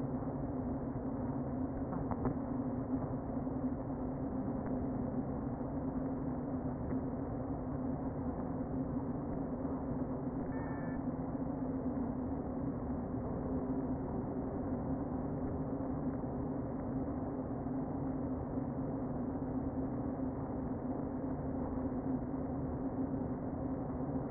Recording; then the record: honeybee colony, microphone inside the hive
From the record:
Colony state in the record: queen present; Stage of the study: before two queens were removed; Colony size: about 60,000 bees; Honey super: yes